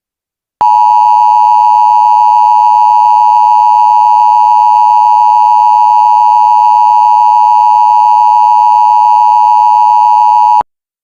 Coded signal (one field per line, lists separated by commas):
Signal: Emergency Alert System (SAME) tones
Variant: 853 and 960 Hz attention tone